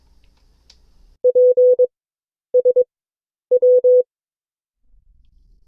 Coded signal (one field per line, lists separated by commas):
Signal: Morse code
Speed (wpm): 22 wpm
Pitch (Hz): 500 Hz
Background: none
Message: P S W